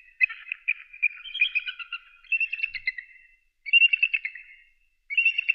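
Eagle giving high piping chatter, rapid stuttering notes in runs of one to two seconds, repeated four times with brief gaps, no other sounds.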